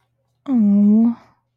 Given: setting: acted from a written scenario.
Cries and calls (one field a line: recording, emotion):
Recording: vocal sound without words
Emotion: shame